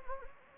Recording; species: mosquito wingbeat signal from an infrared sensor; Anopheles gambiae